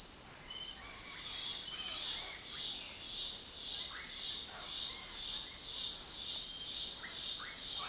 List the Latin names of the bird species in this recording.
Orthopsittaca manilatus, Psarocolius angustifrons